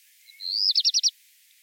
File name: Hausrotschwanz Gesang